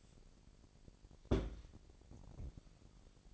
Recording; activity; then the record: daily activity, microphone in the room; place on stove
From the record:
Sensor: 5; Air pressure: 1012.2 hPa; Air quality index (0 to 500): 238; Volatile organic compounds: 4 ppm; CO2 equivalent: 1579 ppm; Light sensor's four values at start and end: 52/117/50/54 and 51/113/49/53